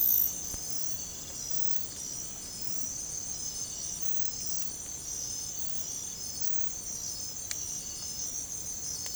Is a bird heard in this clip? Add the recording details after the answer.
no. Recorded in secondary vegetation near Puerto Asís, Putumayo, Colombia, on 21 December 2024 at 03:30. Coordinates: 0.468, -76.324. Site G095